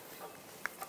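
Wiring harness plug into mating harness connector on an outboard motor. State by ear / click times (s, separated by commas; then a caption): seated / 0.7 s. Plastic wiring harness plug halves on a Yamaha outboard motor are pushed together during a harness replacement until the latch at the small indentation clicks, with a sharp click at 0.7 s confirming the plug is fully seated into the mating harness connector. No one talks in the clip, and a faint softer tick follows near 0.8 s.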